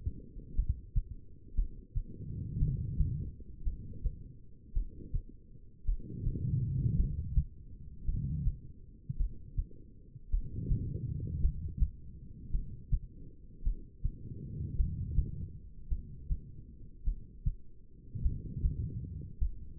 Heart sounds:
heart sounds by stethoscope; 54 bpm
0.55 s: heartbeat
1.55 s: heartbeat
2.58 s: heartbeat
3.63 s: heartbeat
4.73 s: heartbeat
5.85 s: heartbeat
6.96 s: heartbeat
8.05 s: heartbeat
9.17 s: heartbeat
10.30 s: heartbeat
11.41 s: heartbeat
12.51 s: heartbeat
13.63 s: heartbeat
14.76 s: heartbeat
15.88 s: heartbeat
17.04 s: heartbeat
18.22 s: heartbeat
19.39 s: heartbeat
From the record:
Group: heart failure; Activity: rest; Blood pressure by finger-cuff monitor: 88/59 mmHg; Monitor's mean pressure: 69 mmHg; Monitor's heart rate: 55 bpm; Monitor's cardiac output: 2.8 L/min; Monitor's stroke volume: 50 mL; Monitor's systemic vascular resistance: 1720 dyn s/cm5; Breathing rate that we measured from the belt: 15 breaths a minute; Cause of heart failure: non-ischemic cardiomyopathy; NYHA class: 1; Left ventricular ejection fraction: 52%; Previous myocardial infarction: absent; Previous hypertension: absent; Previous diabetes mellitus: absent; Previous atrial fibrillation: present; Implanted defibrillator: absent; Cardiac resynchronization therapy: absent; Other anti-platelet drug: absent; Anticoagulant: apixaban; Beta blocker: bisoprolol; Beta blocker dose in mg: 10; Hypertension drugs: sacubitril-valsartan, spironolactone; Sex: female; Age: 68 years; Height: 169 cm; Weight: 71 kg

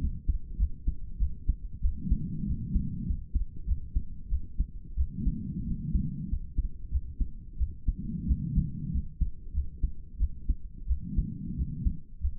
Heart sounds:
heart sounds by stethoscope; 93 bpm
0.01 s: heartbeat
0.59 s: heartbeat
1.19 s: heartbeat
1.82 s: heartbeat
2.47 s: heartbeat
3.07 s: heartbeat
3.67 s: heartbeat
4.30 s: heartbeat
4.97 s: heartbeat
5.66 s: heartbeat
6.30 s: heartbeat
6.91 s: heartbeat
7.58 s: heartbeat
8.27 s: heartbeat
8.92 s: heartbeat
9.53 s: heartbeat
10.19 s: heartbeat
10.87 s: heartbeat
11.56 s: heartbeat
12.21 s: heartbeat
From the record:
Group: healthy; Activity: rest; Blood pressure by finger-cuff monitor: 106/58 mmHg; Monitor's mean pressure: 72 mmHg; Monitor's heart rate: 94 bpm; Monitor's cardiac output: 8.3 L/min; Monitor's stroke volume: 88 mL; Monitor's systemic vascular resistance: 620 dyn s/cm5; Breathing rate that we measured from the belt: 20 breaths a minute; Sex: female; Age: 22 years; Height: 163 cm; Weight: 67.1 kg

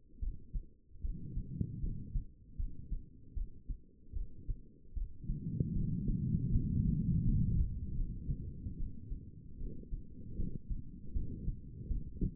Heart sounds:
heart sounds by stethoscope; 77 bpm
0.20 s: heartbeat
1.02 s: heartbeat
1.81 s: heartbeat
2.57 s: heartbeat
3.35 s: heartbeat
4.14 s: heartbeat
4.95 s: heartbeat
5.74 s: heartbeat
6.50 s: heartbeat
7.23 s: heartbeat
7.95 s: heartbeat
8.77 s: heartbeat
9.58 s: heartbeat
10.37 s: heartbeat
11.14 s: heartbeat
11.88 s: heartbeat
From the record:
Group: healthy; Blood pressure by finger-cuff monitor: 123/78 mmHg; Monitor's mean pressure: 95 mmHg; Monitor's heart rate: 76 bpm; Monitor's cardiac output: 4.8 L/min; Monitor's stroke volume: 63 mL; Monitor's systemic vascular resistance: 1490 dyn s/cm5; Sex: female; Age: 51 years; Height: 162 cm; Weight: 70.04 kg

